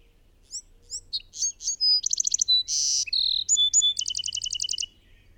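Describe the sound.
Bird song beginning with soft chirps, building into rapid pulsed runs, a harsh buzz, sliding whistles and a long fast trill.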